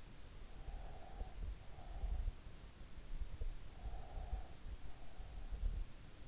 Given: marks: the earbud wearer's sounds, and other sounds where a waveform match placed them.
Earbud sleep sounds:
sounds in sleep by an in-ear microphone; breath
0.88-2.67 s: breath
3.43-5.89 s: breath

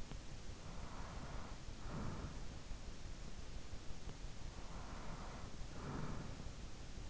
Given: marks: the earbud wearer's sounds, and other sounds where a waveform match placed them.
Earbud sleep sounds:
sounds in sleep by an in-ear microphone; breath
0.44-2.89 s: breath
4.30-7.10 s: breath

